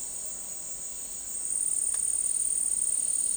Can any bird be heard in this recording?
no